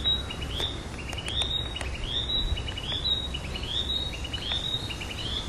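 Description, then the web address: Narcissus flycatcher song: short rising whistled phrases repeated roughly every second, mixed with sharp clicking notes, over a constant low rumble. "udragon kibitaki"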